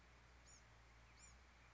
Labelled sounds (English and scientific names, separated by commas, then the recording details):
Bewick's Wren (Thryomanes bewickii)
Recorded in Sonoma County, California